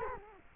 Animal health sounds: mosquito wingbeat signal from an infrared sensor; Culex quinquefasciatus

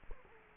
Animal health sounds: mosquito wingbeat signal from an infrared sensor; Culex quinquefasciatus

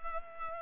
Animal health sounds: mosquito wingbeat signal from an infrared sensor; Culex pipiens

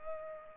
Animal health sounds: mosquito wingbeat signal from an infrared sensor; Culex pipiens

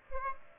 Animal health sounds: mosquito wingbeat signal from an infrared sensor; Aedes aegypti

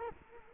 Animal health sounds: mosquito wingbeat signal from an infrared sensor; Culex quinquefasciatus

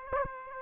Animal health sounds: mosquito wingbeat signal from an infrared sensor; Aedes aegypti

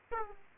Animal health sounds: mosquito wingbeat signal from an infrared sensor; Aedes aegypti

